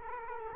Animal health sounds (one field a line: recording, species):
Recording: mosquito wingbeat signal from an infrared sensor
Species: Culex quinquefasciatus